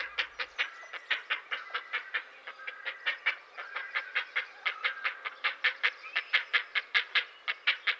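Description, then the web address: Great blue heron calling: a steady, rapid series of coarse, grating croaks continuing throughout without pause. "Dan Gibson's Solitudes Nature Trails. Great Blue Heron"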